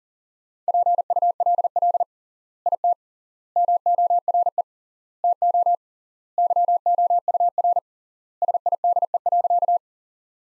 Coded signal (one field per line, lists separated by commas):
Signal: Morse code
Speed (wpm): 40 wpm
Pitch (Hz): 700 Hz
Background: none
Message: PULL IT MORE TO YOUR SIDE.